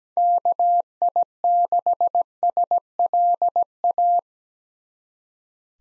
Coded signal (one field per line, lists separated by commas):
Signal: Morse code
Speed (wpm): 17 wpm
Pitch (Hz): 700 Hz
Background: none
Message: KI6SLA